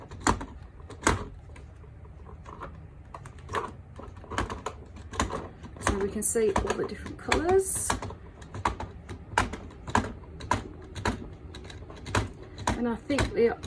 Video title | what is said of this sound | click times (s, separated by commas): Mitsubishi Uni Colored Pencils Review | and they sort of click into place if you can hear that so i'm just going to pull them all forward now so | 0.3 s, 1.1 s, 3.5 s, 4.4 s, 5.2 s, 5.9 s